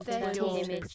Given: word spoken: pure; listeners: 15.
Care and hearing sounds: one English word in noise, from a listening test; four-talker babble; -2.8 dB; 0 of 15; 7 of 15; 0.54 s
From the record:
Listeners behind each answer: 7, 4, 1, 1, 1, 1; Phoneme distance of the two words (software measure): 44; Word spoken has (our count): 1 syllable, 3 phonemes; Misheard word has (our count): 2 syllables, 5 phonemes, stress on syllable 1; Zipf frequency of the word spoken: 4.35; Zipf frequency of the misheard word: 2.91

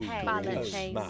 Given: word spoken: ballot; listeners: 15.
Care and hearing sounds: one English word in noise, from a listening test; four-talker babble; -1.8 dB; 1 of 15; 6 of 15; 0.70 s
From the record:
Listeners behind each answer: 6, 2, 2, 2, 1, 1, 1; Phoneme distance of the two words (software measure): 41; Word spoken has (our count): 2 syllables, 5 phonemes, stress on syllable 1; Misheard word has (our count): 1 syllable, 2 phonemes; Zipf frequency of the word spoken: 3.94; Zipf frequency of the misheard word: 5.40

